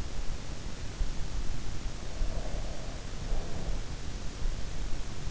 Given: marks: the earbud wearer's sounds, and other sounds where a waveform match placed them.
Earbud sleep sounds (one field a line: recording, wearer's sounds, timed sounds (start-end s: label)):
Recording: sounds in sleep by an in-ear microphone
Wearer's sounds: breath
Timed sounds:
1.90-3.99 s: breath